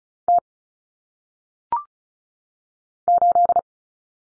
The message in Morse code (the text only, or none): T 8